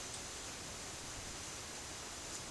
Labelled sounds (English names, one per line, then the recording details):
none
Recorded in dense forest near Puerto Asís, Putumayo, Colombia, on 21 February 2024 at 13:00
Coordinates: 0.505, -76.324
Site G6467